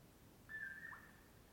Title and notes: On the morning of 06 July, 2016, I awoke to the mellow “poor-will-low” of a Common Poorwill